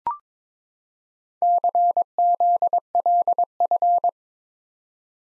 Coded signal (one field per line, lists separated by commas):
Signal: Morse code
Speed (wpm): 22 wpm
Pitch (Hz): 700 Hz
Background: none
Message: CZLF